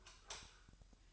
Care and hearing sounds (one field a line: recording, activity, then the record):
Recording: daily activity, microphone in the room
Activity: light off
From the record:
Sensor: 2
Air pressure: 1001.7 hPa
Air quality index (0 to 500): 246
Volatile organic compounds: 35 ppm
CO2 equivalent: 3056 ppm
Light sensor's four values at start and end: 9/27/10/10 and 9/27/10/10